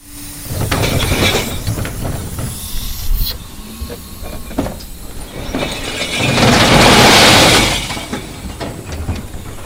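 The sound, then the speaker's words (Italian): Glass bottles crash and clatter into a recycling collection truck in a long, noisy cascade of shattering, with sharp breaking hits over a mechanical rumble and a loud surge of crunching glass midway. “L'avete riconosciuto senz'altro, è un rumore che vi avrà svegliato o fatto sobbalzare almeno una volta nella vita, perché è quello del vetro che precipita dentro i camion della raccolta.”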